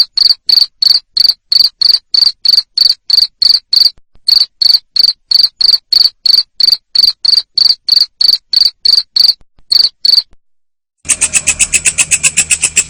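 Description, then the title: Cricket chirping in a fast, even series of shrill pulses for about ten seconds, then a pause and a burst of harsh, hissing high-pitched noise. Loud cricket chirping played to make lovebirds keep singing. "Suara JANGKRIK NGERIK Keras Bikin LOVEBIRD Jadi NGEKEK Terus Vubey"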